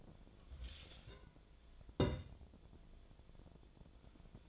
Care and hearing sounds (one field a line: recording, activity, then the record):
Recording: daily activity, microphone in the room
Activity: take from stove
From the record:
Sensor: 5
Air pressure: 1010.0 hPa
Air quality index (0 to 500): 152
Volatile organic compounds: 3 ppm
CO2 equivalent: 1484 ppm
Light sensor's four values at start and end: 253/611/261/290 and 253/610/262/291